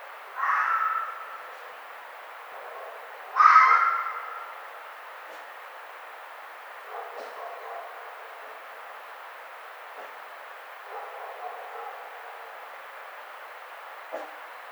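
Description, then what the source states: Red fox giving two hoarse, rasping calls about three seconds apart, each about a second long or less, followed by fainter scattered sounds. Recorded 1 May 2009.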